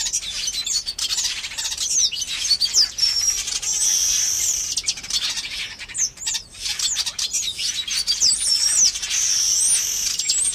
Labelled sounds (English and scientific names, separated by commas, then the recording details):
Village Weaver (Ploceus cucullatus)
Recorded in captivity
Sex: group
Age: adult
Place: Zoo Osnabrück, Niedersachsen, DE
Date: 1991-09-09 10:57
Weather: overcast, 13°C
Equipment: Marantz CP 430, Kopie Tesla B 116
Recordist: Tembrock, Günter